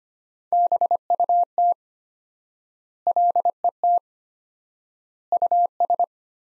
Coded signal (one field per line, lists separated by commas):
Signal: Morse code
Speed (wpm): 25 wpm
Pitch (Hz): 700 Hz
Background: none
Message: BUT LET US